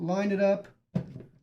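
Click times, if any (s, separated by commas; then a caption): 1.0 s. Someone talks, then after a brief silence a second RAM memory module is gently pressed into the other channel's DIMM slot on a motherboard, giving a sharp click at 1.0 s as it latches home, followed by a fainter tick near 1.5 s. The module is seated.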